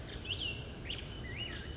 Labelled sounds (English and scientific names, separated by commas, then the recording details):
Black-headed Grosbeak (Pheucticus melanocephalus)
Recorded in Sonoma County, California